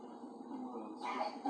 That's the harsh barking cough, seal-like cough. And it's a feature of the croup only.